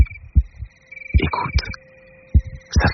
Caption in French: Ça fait comme ça un cœur qui bat.